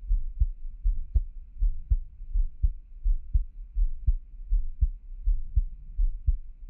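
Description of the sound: A normal adult heartbeat heard through a close microphone, steady lub-dub beats with no talking.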